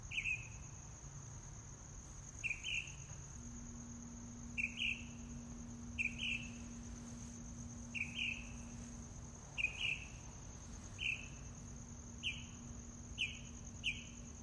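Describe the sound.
Mockingbird song: short chirped notes near the same pitch, repeated every second or two, over a steady high insect whine.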